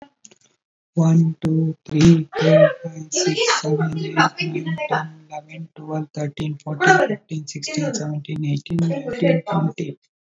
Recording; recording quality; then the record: counting at a normal pace; excellent, no background noise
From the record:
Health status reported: recovered from COVID-19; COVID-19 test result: positive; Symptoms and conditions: muscle pain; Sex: male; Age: 42 years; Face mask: not worn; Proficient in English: yes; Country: India